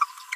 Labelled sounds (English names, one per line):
Green-rumped Parrotlet babbling